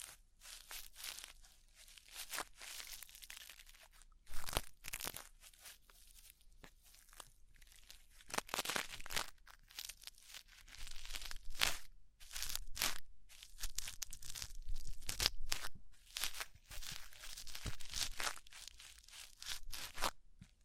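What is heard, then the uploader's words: Crinkly scratching and rustling sounds of an ear cleaning session, bright and crisp, with frequent quick bursts and scrapes packed densely throughout. Sharper crackling pops stand out around five, eight and twelve seconds, with brief quiet gaps between clusters. ASMR Deep Ear Cleaning Session. (No Talking).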